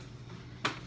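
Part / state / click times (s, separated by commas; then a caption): infant car seat out of its car base / released / 0.7 s. An infant car seat, a KeyFit 30, is released and lifted out of its car base. Over a low, steady background hum, a single sharp snap is heard at 0.6 s as it comes free, and the seat is released from the base.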